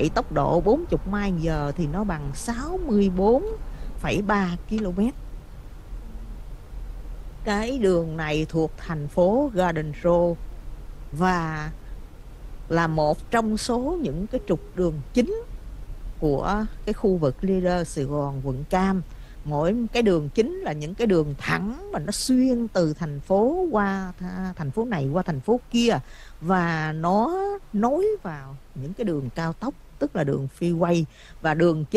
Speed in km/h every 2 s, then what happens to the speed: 55, 53, 50, 50, 48, 47, 45, 42, 34, 27, 23, 18, 6, 0, 0, 0.
0-25 slows to 0. 25-30 standing.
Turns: none.